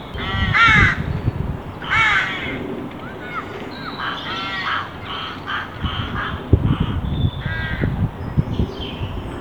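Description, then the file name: Carrion crow with two loud, rasping caws, followed by softer, shorter croaks and caws amid low rumbling and knocking background noise. "Corvus corone"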